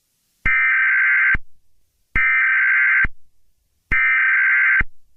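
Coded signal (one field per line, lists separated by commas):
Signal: Emergency Alert System (SAME) tones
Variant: header bursts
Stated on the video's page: Fictional EAS scenario, not a real alert.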